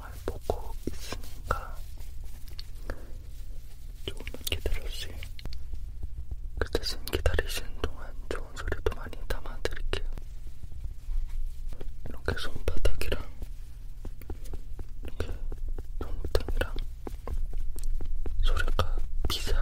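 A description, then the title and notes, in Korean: Soft tapping and brushing on a powder puff, dense irregular pats and rubs with breathy swishes over a faint low hum. ASMR 퍼프 탭핑과 터칭 가득.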